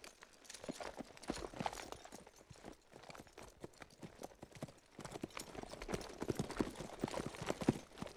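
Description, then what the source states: Horse hoofbeats, a dense run of hard hits over steady background noise, quieter in the middle and busier again toward the end. Galloping.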